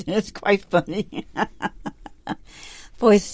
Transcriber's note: laughs